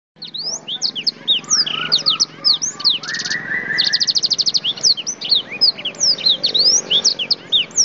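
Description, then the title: Oriental magpie-robin song, a continuous rich medley of whistled slurs, rapid rattles and a lower series of notes, delivered almost without pause. "Kicau Kacer"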